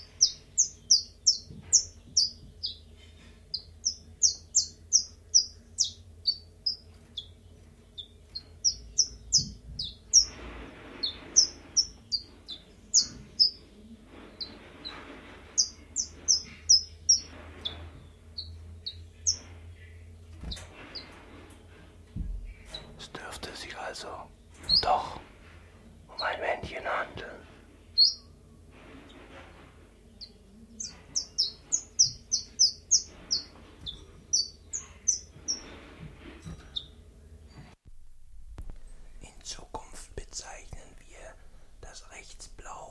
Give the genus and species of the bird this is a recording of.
Phylloscopus collybita